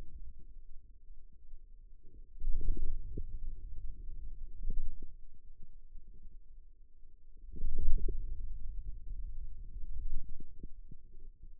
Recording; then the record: forearm muscle sounds (acoustic myography)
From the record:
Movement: wrist extension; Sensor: system 2, bracelet of six BSWA MPA416 microphones around the upper forearm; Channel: 2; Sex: male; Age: 22 years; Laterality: right